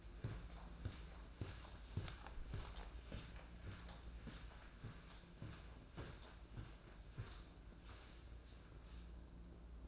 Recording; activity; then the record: daily activity, microphone in the room; walk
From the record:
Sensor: 2